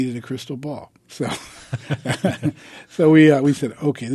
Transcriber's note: soundbite of laughter